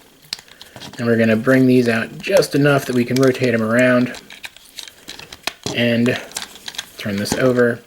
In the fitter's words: pops into place like that and then clicks into place there